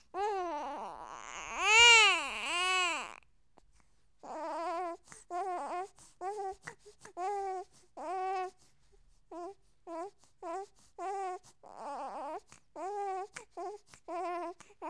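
An infant cries in loud, high, wavering wails for the first three seconds, then settles into a run of about a dozen short, rhythmic, whimpering cry bursts with pauses between. It is an ordinary crying baby sound effect from The Hollywood Edge sound effects library.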